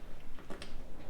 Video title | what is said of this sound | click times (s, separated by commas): Kawasaki Vulcan 900 Classic LT Maintenance and Tune-up | I heard it go click, click, click, and then it's actually | 0.4 s, 0.6 s